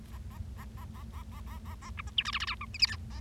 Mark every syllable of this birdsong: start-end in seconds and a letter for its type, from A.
0.12-0.18 A, 0.30-0.38 A, 0.58-0.65 A, 0.77-0.84 A, 0.94-1.03 A, 1.13-1.22 A, 1.32-1.40 A, 1.47-1.58 A, 1.66-1.75 A, 1.82-1.90 A, 1.97-2.01 B, 2.07-2.10 C, 2.17-2.23 D, 2.25-2.31 E, 2.33-2.38 F, 2.40-2.45 F, 2.47-2.55 G, 2.61-2.65 H, 2.74-2.77 I, 2.79-2.86 J, 2.87-2.96 K, 3.10-3.20 A